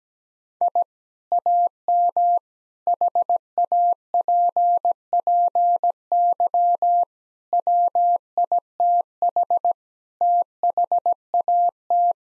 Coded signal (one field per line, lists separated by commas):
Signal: Morse code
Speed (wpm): 17 wpm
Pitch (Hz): 700 Hz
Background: none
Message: I AM HAPPY WITH THAT